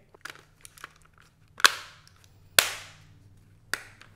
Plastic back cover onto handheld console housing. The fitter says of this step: now I tell you this will be easy right but we're not quite done let's go ahead and replace the cover snap it back in